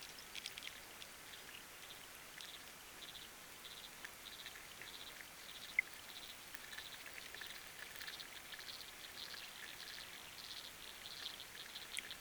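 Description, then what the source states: Frogs calling underwater in short, faint buzzy bursts, repeated irregularly through the whole stretch, over a steady hiss with an odd louder click. Frogs recorded underwater with a hydrophone, with rain and wind.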